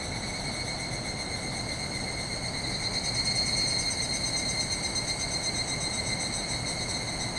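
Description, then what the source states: Evening cicada calling together as a continuous high shimmering drone with faint pulsing, above a constant rumble of rushing water. Chorus calling back and forth inside woodland after sunset, 31 July 2020, after heavy late rainy-season rain; swollen distant river roaring; recorded with ZOOM H6 and MKH8020 microphone.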